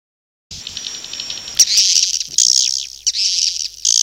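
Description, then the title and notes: Swiftlet calls: after a half-second of silence, a steady high twittering begins, then bursts into louder, buzzy chirps in several waves. Swiftlet sound used for swiftlet farming in Asia. "Swiflet Bird Sound. Farming Swiflet Bird asia sound"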